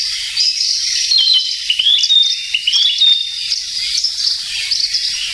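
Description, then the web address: Narcissus flycatcher singing a short run of whistled, slurred notes, some rising and some falling, against a steady high insect hiss. "sikioto. kibitaki"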